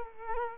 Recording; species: mosquito wingbeat signal from an infrared sensor; Culex quinquefasciatus